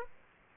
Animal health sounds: mosquito wingbeat signal from an infrared sensor; Aedes aegypti

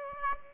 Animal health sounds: mosquito wingbeat signal from an infrared sensor; Aedes aegypti

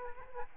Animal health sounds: mosquito wingbeat signal from an infrared sensor; Aedes aegypti

